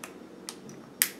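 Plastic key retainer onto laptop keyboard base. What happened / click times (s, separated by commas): The plastic key retainer snapped onto its clips / 1.0 s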